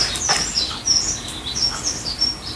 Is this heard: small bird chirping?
yes